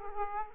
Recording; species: mosquito wingbeat signal from an infrared sensor; Aedes aegypti